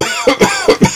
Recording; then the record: coughing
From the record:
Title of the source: Dry Afternoon Cough